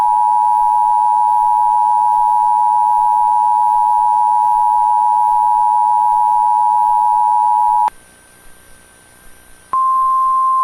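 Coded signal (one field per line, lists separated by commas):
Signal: Emergency Alert System (SAME) tones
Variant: 853 and 960 Hz attention tone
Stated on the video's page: Fictional scenario using valid EAS tones.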